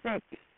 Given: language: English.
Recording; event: throat vibration sensor signal played as sound; speech